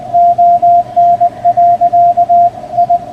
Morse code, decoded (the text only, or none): ON. I